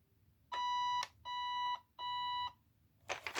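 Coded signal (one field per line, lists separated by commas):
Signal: none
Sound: an RC toy's power beeps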